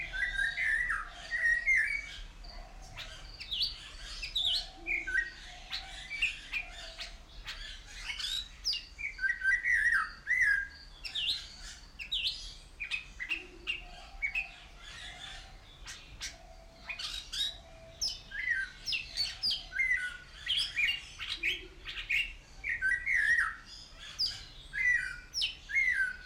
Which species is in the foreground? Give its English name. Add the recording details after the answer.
Snowy-crowned Robin-Chat. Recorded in captivity. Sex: male. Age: adult. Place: Zoo Berlin, Berlin, DE. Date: 1993-01-01 10:13. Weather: sonnig, -5°C. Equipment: Marantz CP 430, Sennheiser ME 80, Kopie Uher Variocord 263. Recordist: Tembrock, Günter. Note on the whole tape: Gesang (sehr variabel, mit Motiv-Wiederholungen)